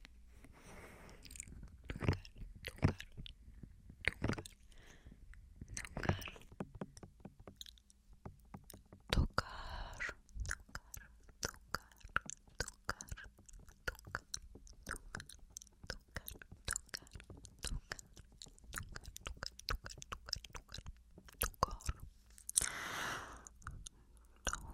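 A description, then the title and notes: Crisp mouth sounds and finger flutters make a dense run of quick clicks, smacks and wet pops, with occasional tapping against the ear. The bursts come irregularly throughout, sharper and louder around ten and twenty-three seconds, over a faint low hum. ASMR Breathy Spanish Trigger Words (Finger Flutter, Mouth Sounds, Ear TouchingTapping).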